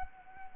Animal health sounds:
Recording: mosquito wingbeat signal from an infrared sensor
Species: Anopheles arabiensis

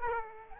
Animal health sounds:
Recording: mosquito wingbeat signal from an infrared sensor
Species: Aedes aegypti

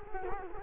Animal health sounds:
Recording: mosquito wingbeat signal from an infrared sensor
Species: Culex quinquefasciatus

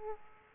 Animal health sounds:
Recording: mosquito wingbeat signal from an infrared sensor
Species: Aedes aegypti

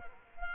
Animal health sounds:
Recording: mosquito wingbeat signal from an infrared sensor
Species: Culex quinquefasciatus

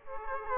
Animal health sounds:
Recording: mosquito wingbeat signal from an infrared sensor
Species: Culex quinquefasciatus

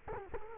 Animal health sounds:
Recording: mosquito wingbeat signal from an infrared sensor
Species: Culex quinquefasciatus

